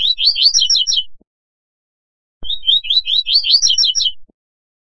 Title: Canto Coleiro